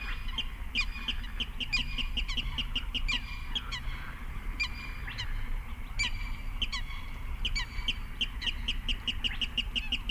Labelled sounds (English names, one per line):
Spotted Crake